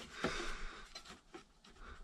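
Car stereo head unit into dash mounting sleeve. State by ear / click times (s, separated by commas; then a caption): not seated / none. A single-DIN stereo head unit is pushed into the metal mounting sleeve in the dash of a Kenworth C500 truck, whose tabs are meant to lock it in place. Only faint scraping and soft taps are heard, around 0.2, 1.0, 1.3 and 1.7 seconds, with no lock click. The head unit has not seated or clicked into the sleeve yet and is not all the way in.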